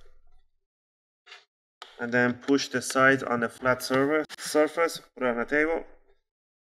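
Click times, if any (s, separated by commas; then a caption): none. The plastic bottom cover of a Lenovo IdeaPad 110 laptop is set hinge side down first and lined up on the laptop chassis, ready to be pushed down on a flat surface. A few faint, brief handling sounds come before someone talks through most of the clip. The cover has not snapped or clicked into place yet.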